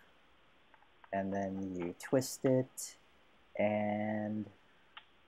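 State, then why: Seated. A lens is lined up with the red dot on the metal mount of a Canon EOS 60D DSLR body and twisted onto it while someone talks. A single short click at 5.0 s marks the lens bayonet locking onto the camera body, seated in place.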